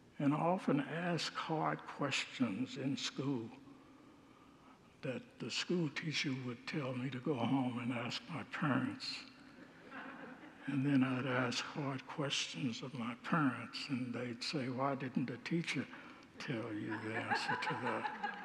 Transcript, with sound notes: And I often asked hard questions in school that the schoolteacher would tell me to go home and ask my parents. [Congregants laugh] And then I’d ask hard questions of my parents and they’d say, “Why didn’t the teacher tell you the answer to that?”